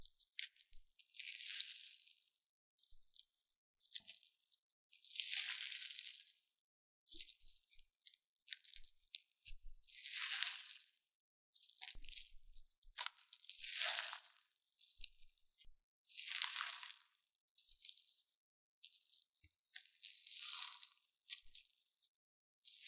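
Crunchy slime being squeezed and pressed, with bright crackling bursts every couple of seconds separated by near silence.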